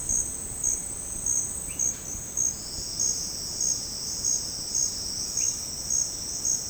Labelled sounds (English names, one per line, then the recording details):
none
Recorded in dense forest near Puerto Asís, Putumayo, Colombia, on 18 February 2024 at 10:00
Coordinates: 0.472, -76.329
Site G6394